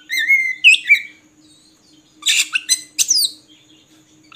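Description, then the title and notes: Oriental magpie-robin producing a few brief whistled and buzzy notes separated by silent pauses, with a faint steady low tone. Long-duration 'isian' filler song, used for training caged birds to sing actively day and night. "Kacer Jadi Gacor Siang Malam. Isian Kacer Durasi Panjang"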